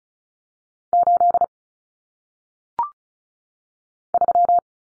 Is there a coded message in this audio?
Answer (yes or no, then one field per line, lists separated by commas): yes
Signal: Morse code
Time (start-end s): 0.9-4.6 s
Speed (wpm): 36 wpm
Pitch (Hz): 700 Hz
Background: none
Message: 8 3